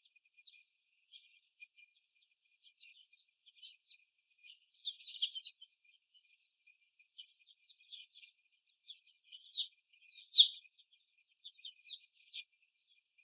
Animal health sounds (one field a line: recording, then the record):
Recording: young laying hens in a cage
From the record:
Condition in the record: after the stressor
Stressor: simulated dog barking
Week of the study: 1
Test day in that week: 2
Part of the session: 1